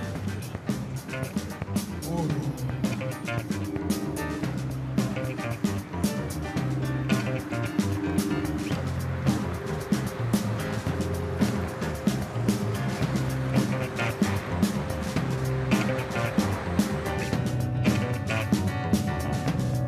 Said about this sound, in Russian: Автобус со студентами продолжает движение.